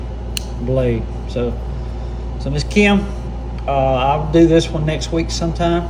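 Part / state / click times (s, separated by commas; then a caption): folding knife blade into its handle against the backspring / seated / 0.4 s. A further blade of a folding pocket knife snaps shut into its handle against the backspring with a sharp click at 0.4 s, and the snap is a good one. Someone talks afterward over a steady low hum.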